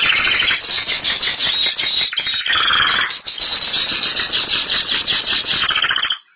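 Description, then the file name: Canary (Bernois): canary delivering an unbroken stream of rapid trills and rolling notes, loud and steady throughout before stopping abruptly. Bernois canary breed. "canto do canario bernois"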